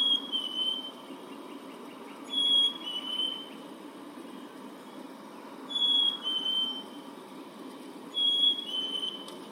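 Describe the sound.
Clear two-part bird whistle, a bright high note sliding into a lower one, repeated several times over a faint hum.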